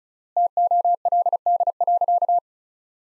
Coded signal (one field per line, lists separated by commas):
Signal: Morse code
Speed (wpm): 36 wpm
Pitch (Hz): 700 Hz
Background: none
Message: TOLD.